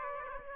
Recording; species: mosquito wingbeat signal from an infrared sensor; Aedes aegypti